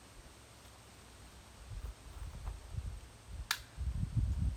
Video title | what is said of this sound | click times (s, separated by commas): How to set-up the EZ Cube Tent by Yourself | you hear that i heard a click it clicked this is not an easy thing to do in the wind | 3.5 s